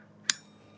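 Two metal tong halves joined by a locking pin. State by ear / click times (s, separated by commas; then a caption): seated / 0.3 s. Two metal halves of a set of Roxon camping tongs, joined by a locking pin, are lined up at their three holes and pushed up on the right side until they snap locked together. A single sharp, bright metallic click sounds at 0.3 s over a faint low hum, and the halves are seated.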